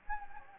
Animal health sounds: mosquito wingbeat signal from an infrared sensor; Anopheles gambiae

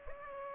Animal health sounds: mosquito wingbeat signal from an infrared sensor; Aedes aegypti

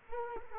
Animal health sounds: mosquito wingbeat signal from an infrared sensor; Culex quinquefasciatus

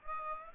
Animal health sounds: mosquito wingbeat signal from an infrared sensor; Aedes aegypti

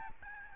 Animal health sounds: mosquito wingbeat signal from an infrared sensor; Aedes albopictus

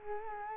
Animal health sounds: mosquito wingbeat signal from an infrared sensor; Culex quinquefasciatus

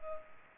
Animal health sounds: mosquito wingbeat signal from an infrared sensor; Culex pipiens

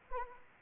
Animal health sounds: mosquito wingbeat signal from an infrared sensor; Anopheles arabiensis

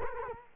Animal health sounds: mosquito wingbeat signal from an infrared sensor; Culex quinquefasciatus

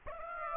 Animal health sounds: mosquito wingbeat signal from an infrared sensor; Aedes aegypti

